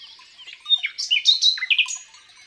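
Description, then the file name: Common nightingale giving a short burst of loud, sharp, slurred notes in quick succession. Recorded in the countryside. "Rossignol philomele Chants doiseaux dans la campagne"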